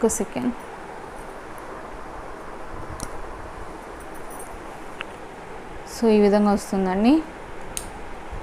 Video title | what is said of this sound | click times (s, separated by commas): Live Jewelry Cz Earrings & Bangles - With Prices - Imitation Jewelry - Order to watsup no:9515189060 | ఇది lock అవుతుంది, మళ్ళీ press | 7.8 s